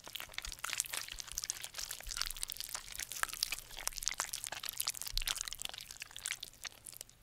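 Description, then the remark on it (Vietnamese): Wet, continuous crunching and tearing as a monster's sharp-toothed belly mouth bites into a human corpse it has ripped in two, with dense crackly bursts and occasional low thuds, steady and fairly loud with no talking. “Trong cái miệng đỏ lòm to lớn, nó bắt đầu cắn xé cái thây một cách ngon lành.”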